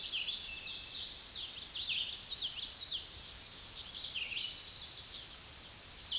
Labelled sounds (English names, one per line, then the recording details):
Common Yellowthroat song
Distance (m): 25 m
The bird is about 10 m above the microphone
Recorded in a Pennsylvania forest on 16 May 2024 at 06:29
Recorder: AudioMoth, point MSD-2095
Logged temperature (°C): 16.3 °C
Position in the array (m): 156 m, 85 m